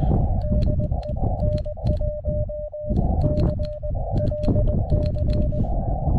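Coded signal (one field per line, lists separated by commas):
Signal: Morse code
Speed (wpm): 20 wpm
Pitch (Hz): 600 Hz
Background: none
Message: DEN1CLC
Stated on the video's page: Summits on the Air activation and chasing from a summit.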